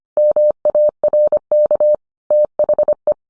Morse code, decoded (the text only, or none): MARK THE